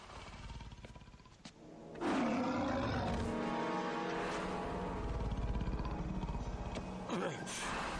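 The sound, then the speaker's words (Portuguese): A lion lets out a deep, loud roar that rumbles on for several seconds, preceded by a few low, softer grunting breaths. “Ele assusta com o leão e vai pro lado do leão?”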